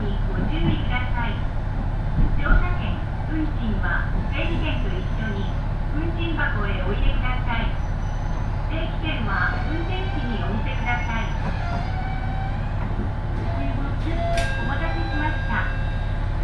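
Inside a one-car railbus on the Ise Railway, a steady low engine and running drone fills the whole stretch. Several passengers talk over it almost continuously, their voices rising and falling, with a few brief high squeals near the end.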